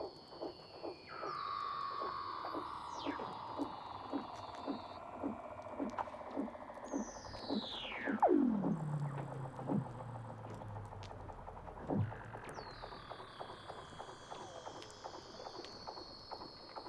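Weddell seals calling underwater: long gliding whistles that slide steadily downward, with one bright trill sweeping sharply from high to low around the eighth second. Under them runs a fast, regular train of clicks or knocks, over a constant low rumble.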